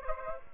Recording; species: mosquito wingbeat signal from an infrared sensor; Aedes aegypti